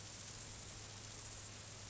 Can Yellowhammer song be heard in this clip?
no